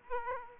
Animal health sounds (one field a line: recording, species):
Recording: mosquito wingbeat signal from an infrared sensor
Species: Aedes aegypti